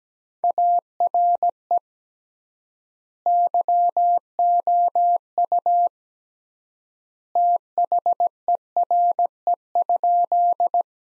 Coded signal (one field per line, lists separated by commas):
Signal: Morse code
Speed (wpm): 17 wpm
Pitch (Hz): 700 Hz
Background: none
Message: ARE YOU THERE?